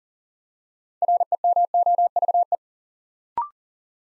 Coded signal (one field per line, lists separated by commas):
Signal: Morse code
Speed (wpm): 42 wpm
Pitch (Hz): 700 Hz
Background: none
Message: REMOVE